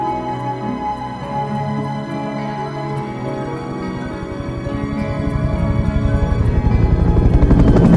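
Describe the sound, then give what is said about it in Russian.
A departing helicopter's rotor thuds in a steady, rapid chop over a low engine drone, the beating growing louder and denser toward the end, with no voices. “Вертолет улетел.”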